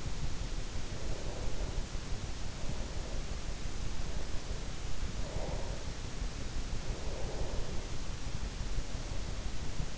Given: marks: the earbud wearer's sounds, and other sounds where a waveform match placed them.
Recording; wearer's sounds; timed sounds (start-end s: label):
sounds in sleep by an in-ear microphone; breath
0.38-3.39 s: breath
3.76-6.20 s: breath
6.61-9.98 s: breath